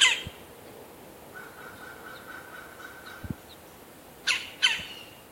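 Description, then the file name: Red-bellied woodpecker uttering a harsh call at the start and then two quick churring notes near the end, over a quiet background with a faint thin whistle. "Melanerpes carolinus - Red-bellied Woodpecker"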